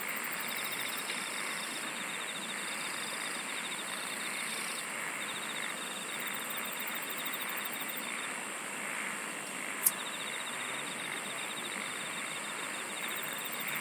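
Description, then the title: Insects chirring continuously, with a repeated pulsed trill in several bursts, very high ticking runs and one sharp click towards the end. "SINGING OF INSECTS"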